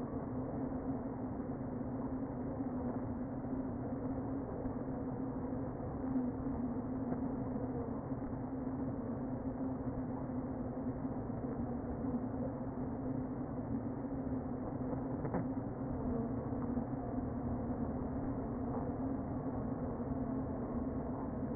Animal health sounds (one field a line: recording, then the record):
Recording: honeybee colony, microphone inside the hive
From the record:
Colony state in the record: queen present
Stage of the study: before two queens were removed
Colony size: about 60,000 bees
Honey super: yes